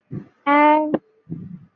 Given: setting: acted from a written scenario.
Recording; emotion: vocal sound without words; awe